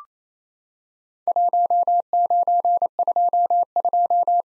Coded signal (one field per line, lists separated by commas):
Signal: Morse code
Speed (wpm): 27 wpm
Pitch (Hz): 700 Hz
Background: none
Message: 1922